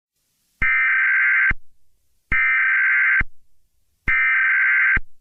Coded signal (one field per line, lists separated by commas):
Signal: Emergency Alert System (SAME) tones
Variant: header bursts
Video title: EAS Scenario: Hostage Situation